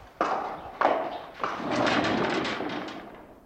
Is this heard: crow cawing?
no